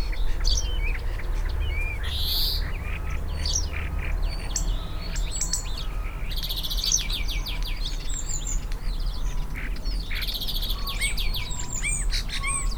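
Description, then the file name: European greenfinch calling: scattered high chirps and sweeping twitters, with bursts of rasping buzzy notes, against constant low rumble. "Chloris chloris"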